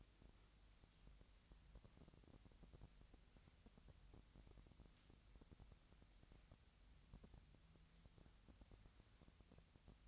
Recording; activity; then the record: daily activity, microphone in the room; wipe stove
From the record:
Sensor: 3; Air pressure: 1003.2 hPa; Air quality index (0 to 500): 197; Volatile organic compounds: 6 ppm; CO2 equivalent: 1928 ppm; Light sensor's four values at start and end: 10/23/10/10 and 10/24/10/10